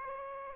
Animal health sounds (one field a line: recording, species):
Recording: mosquito wingbeat signal from an infrared sensor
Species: Aedes aegypti